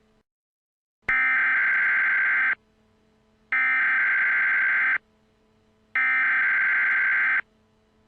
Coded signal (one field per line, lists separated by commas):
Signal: Emergency Alert System (SAME) tones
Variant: header bursts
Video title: EAS Scenario: Nightmare On The New ZomYork